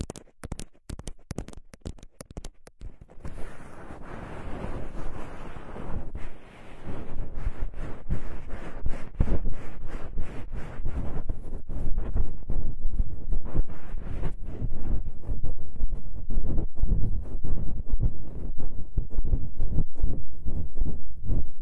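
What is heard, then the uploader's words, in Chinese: An ear massage: the first three seconds bring a quick run of sharp taps and clicks. Then a steady, dense rubbing takes over, a muffled scratchy rustle heavy in the lows, dotted with frequent small crackles and brief pops through to the end. 放松按摩耳朵。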